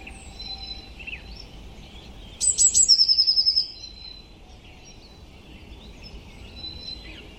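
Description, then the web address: Bird song: a brief group of high, sharp notes running straight into a quick trill of several ringing notes, heard over a steady hiss of background noise. "Deverinetal 2025. Bird Only"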